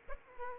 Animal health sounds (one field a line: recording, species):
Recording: mosquito wingbeat signal from an infrared sensor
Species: Aedes aegypti